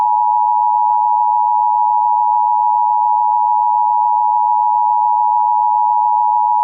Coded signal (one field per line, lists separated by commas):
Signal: Emergency Alert System (SAME) tones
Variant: 853 and 960 Hz attention tone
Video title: Fake Texas EAS Terrorism attack.